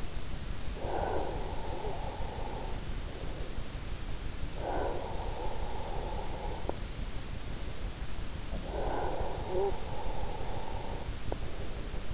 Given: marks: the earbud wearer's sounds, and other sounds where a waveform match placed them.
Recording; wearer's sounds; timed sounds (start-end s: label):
sounds in sleep by an in-ear microphone; snoring breath
0.72-6.86 s: snoring breath
7.86-11.86 s: snoring breath